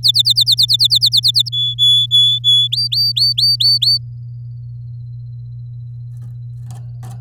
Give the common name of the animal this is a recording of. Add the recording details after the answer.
Domestic Canary. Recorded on 11 May 2018 at 09:39. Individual llb16